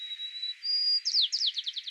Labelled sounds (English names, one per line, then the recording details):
White-crowned Sparrow song
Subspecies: nuttalli
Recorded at Battery East, California, in 2013
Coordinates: 37.808, -122.473
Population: north
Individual beI_13